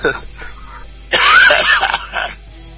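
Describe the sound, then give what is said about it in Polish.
A person coughs hoarsely in a loud, rough burst of a few spasms lasting under a second, preceded by quieter throaty vocal sounds and trailing off into a softer hack. “Excuse moi za ten kaszel.”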